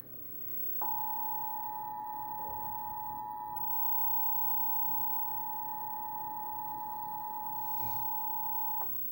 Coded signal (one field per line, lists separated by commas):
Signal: Emergency Alert System (SAME) tones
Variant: 853 and 960 Hz attention tone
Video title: NWS EAS Tornado Warning, Tornado Emergency Warning, Jefferson City, Missouri, 5/22/2019 Scary! Rare!